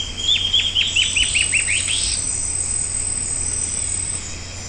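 Bird call: a quick run of short, downslurred whistled notes over a steady high hiss of insects.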